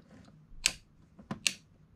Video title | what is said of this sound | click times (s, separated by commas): TNS! Reviews: Karakuri Hengen [Shuriken Sentai Ninninger] | As you can tell by the clicky noises. | 0.7 s, 1.5 s